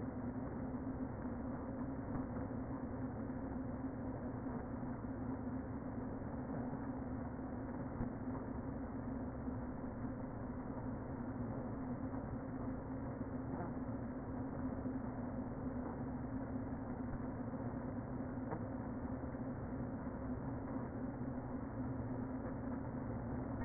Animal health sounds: honeybee colony, microphone inside the hive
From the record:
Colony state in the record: queen present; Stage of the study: before two queens were removed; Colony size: about 60,000 bees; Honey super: yes

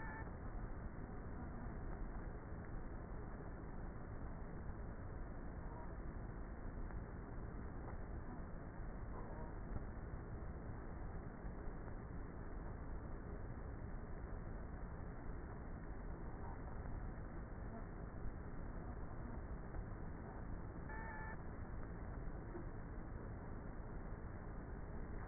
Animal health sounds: honeybee colony, microphone inside the hive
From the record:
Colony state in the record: queenless with a low population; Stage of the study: before two queens were removed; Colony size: about 30,000 bees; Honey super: no

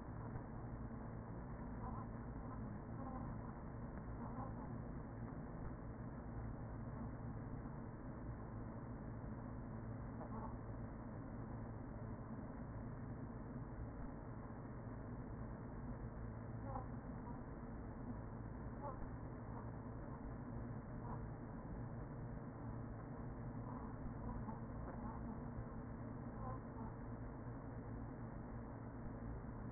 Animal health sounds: honeybee colony, microphone inside the hive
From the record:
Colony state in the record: queen present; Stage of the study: after two queens were removed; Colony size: about 40,000 bees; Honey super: no

